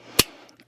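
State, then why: Seated. A plastic leg or shell panel of a transforming toy is pressed down over its thruster part and pops into place with one sharp, bright snap at 0.2 s. A few faint light ticks follow around 0.5, 0.6 and 0.7 s, and the panel is seated.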